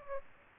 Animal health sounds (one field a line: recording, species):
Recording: mosquito wingbeat signal from an infrared sensor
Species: Aedes aegypti